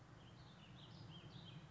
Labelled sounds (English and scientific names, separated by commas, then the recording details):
Warbling Vireo (Vireo gilvus)
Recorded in Sonoma County, California